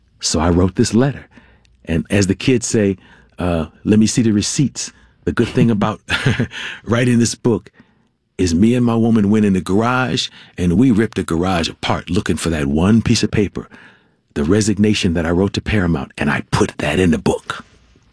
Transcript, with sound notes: So I wrote this letter. And as the kids say, let me see the receipts.
(Laughter).
The good thing about writing this book is me and my woman went in the garage, and we ripped the garage apart looking for that one piece of paper, the resignation that I wrote to Paramount. And I put that in the book.